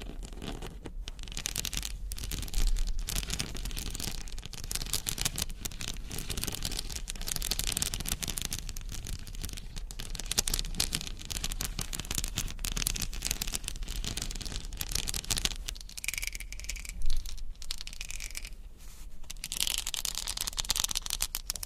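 Crystals, beads and ice are handled with dense, continuous scratching and clicking, bright and busy throughout with many quick, irregular taps. A low rumble runs underneath, and near the 16-second mark the texture thins briefly before a sharper tap around 17 seconds.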